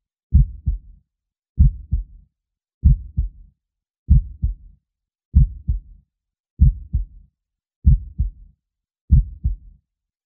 Calming Heartbeat Sound for Babies. The sound of a heartbeat is naturally calming to babies.